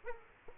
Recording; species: mosquito wingbeat signal from an infrared sensor; Aedes aegypti